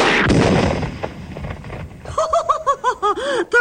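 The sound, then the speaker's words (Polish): An old gas cylinder explodes with a loud, sharp boom that trails off into a rumbling decay, followed by a rapid series of short, high-pitched, giggling vocal bursts. “Posiadam tylko tę oto starą butlę gazową, która ostatnio ma wzięcie w temacie wybuchów.”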